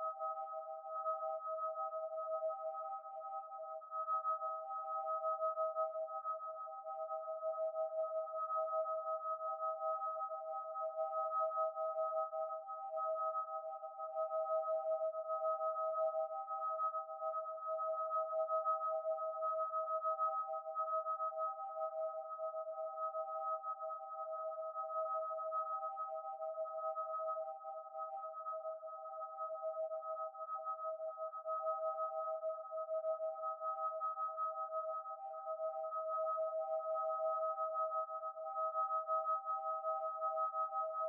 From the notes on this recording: tones, grumbles, wa-wa’s, groans, beats and other sounds created through digital signal processing of Niagara Falls